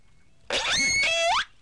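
Whale call: one harsh, harmonic cry of about a second with wavering tones that dip in the middle and then sweep sharply upward at the end; no other sounds.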